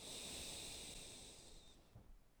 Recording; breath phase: one breath near a microphone; exhalation